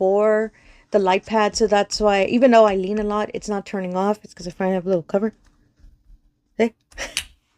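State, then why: Seated. A small protective cover is closed over the power button of a diamond-painting light pad so that leaning on the pad won't switch it off. Someone talks, then after a pause the cover clicks shut at 7.2 seconds, seating in place.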